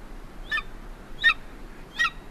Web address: golden eagle